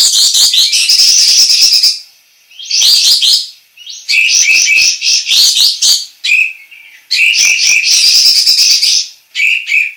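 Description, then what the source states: Sooty-headed bulbul singing in dense, rapid, chattery phrases of one to two seconds, broken by brief gaps and ending in lower whistled notes. Indonesian local name kapas tembak; described as gacor, singing actively and persistently.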